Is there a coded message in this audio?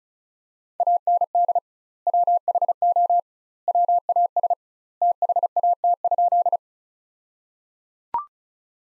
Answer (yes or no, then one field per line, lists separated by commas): yes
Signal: Morse code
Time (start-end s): 0.8-6.6 s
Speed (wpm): 34 wpm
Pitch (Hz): 700 Hz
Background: none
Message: AND WHO WAS THAT?